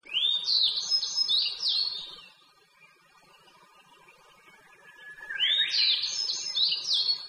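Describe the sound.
Grey bunting song, two bright ringing phrases of high slurred and buzzy notes, each about two seconds long, separated by a quiet pause.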